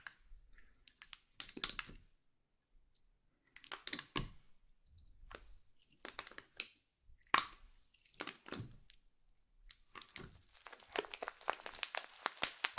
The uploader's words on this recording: NO TALKING Satisfying Slime Triggers.